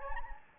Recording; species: mosquito wingbeat signal from an infrared sensor; Anopheles gambiae